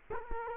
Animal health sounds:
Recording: mosquito wingbeat signal from an infrared sensor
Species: Culex quinquefasciatus

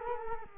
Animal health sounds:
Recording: mosquito wingbeat signal from an infrared sensor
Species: Culex quinquefasciatus

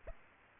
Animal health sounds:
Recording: mosquito wingbeat signal from an infrared sensor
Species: Aedes aegypti

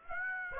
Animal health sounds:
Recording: mosquito wingbeat signal from an infrared sensor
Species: Aedes aegypti

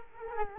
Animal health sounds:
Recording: mosquito wingbeat signal from an infrared sensor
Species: Culex quinquefasciatus

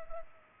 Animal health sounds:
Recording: mosquito wingbeat signal from an infrared sensor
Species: Culex pipiens

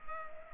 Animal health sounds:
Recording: mosquito wingbeat signal from an infrared sensor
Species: Culex pipiens

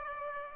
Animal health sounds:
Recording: mosquito wingbeat signal from an infrared sensor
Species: Aedes aegypti

